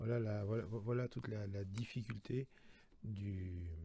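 A plastic articulation part of a Flame Toys Star Saber Transformers articulated robot figure is handled and pushed toward position in the figure body during its transformation while someone talks throughout. The part has not snapped into place yet, and nothing has seated or clicked by the end of the clip.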